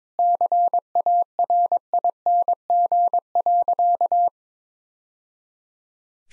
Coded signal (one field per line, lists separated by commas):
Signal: Morse code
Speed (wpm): 22 wpm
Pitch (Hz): 700 Hz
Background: none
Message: CARING.